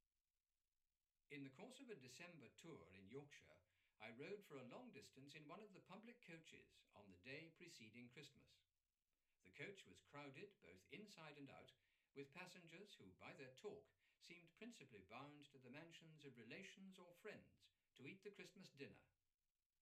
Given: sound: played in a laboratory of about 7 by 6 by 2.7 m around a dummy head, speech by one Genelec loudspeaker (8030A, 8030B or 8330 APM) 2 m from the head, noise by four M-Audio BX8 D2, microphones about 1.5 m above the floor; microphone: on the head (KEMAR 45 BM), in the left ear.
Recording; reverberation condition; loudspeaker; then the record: male speech in English; low; in front (0 degrees)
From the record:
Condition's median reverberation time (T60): about 310 ms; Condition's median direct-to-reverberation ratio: about 3.5 dB